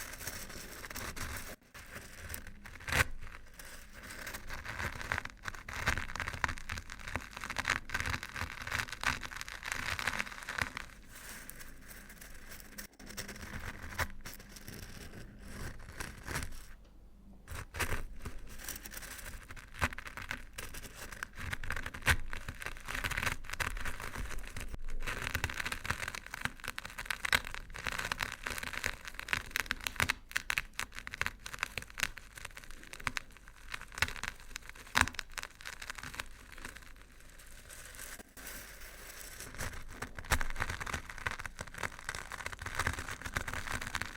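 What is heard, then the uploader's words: Crunchy stirring of Old-Time Riches, a steady, dense run of crackling and crinkling scrapes with brief pauses, one near seventeen seconds. Old-Time Riches Crunchy Stirring. NO TALKING.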